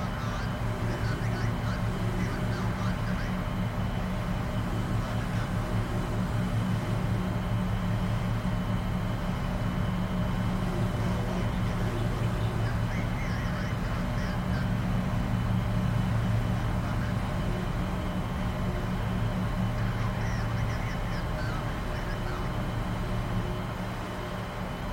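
Inside a shuttle cabin, a steady low engine hum drones with faint murmuring voices and occasional light rattles over twenty-five seconds.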